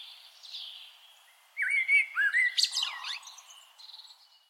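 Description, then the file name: Common blackbird song: a mellow fluted warble near the middle, ending in a squeaky high twitter, with faint high calls before and after. "Turdus merula"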